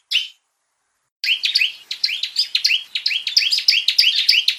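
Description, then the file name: Bar-winged prinia calls: one sharp chirp, about a second of silence, then a fast unbroken series of scratchy chips. Call used as a lure to attract birds. "suara pikat burung ciblek"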